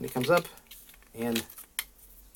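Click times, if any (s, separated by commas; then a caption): 1.8 s. Someone talks while pressing a 3D-printed plastic stock arm, spring-loaded by an inner tab piece, which comes up on the stock. A sharp snap at 1.8 s marks the arm locking into place, followed by a faint tick near the end.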